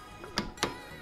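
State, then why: Torque reached. A borrowed torque wrench, set just under 10 Nm for a 9.8 Nm spec, tightens a clutch spring bolt in a motorcycle's pressure plate. It gives sharp clicks at 0.4 s and 0.6 s, showing the bolt has reached its torque setting and is done.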